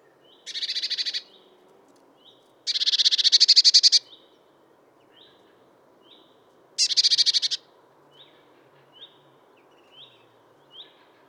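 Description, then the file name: Eurasian blue tit with three harsh buzzy churring rattles of varying length, separated by soft short high notes repeated in the pauses. "Cyanistes caeruleus"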